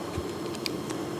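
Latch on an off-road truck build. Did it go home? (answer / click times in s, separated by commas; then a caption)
yes / 0.7 s. A latch on a monster truck build is opened, then pushed closed by hand until it clicks locked. A sharp, short click lands at 0.7 s over a steady low hum and faint small ticks, and the latch is locked and works. No words are heard in the clip.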